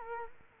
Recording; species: mosquito wingbeat signal from an infrared sensor; Culex quinquefasciatus